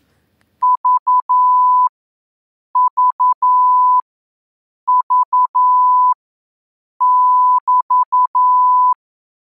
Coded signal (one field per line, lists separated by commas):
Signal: Morse code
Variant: Russian alphabet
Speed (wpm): 11 wpm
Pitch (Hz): 1000 Hz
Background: none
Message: ЖЖЖ<BT>